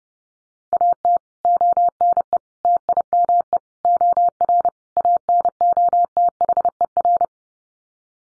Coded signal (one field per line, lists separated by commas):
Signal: Morse code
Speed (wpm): 30 wpm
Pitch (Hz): 700 Hz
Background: none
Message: AT ONE TIME OR ANOTHER